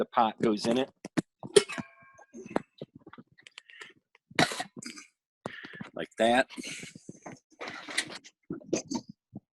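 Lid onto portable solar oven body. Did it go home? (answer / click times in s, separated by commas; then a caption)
no / none. A cooking pot is placed inside a portable solar oven while someone talks, with short knocks and clinks of handling. The lid for the oven body is being handled but has not snapped into place yet; nothing has seated or clicked.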